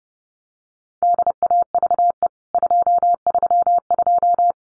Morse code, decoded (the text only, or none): DAVE 232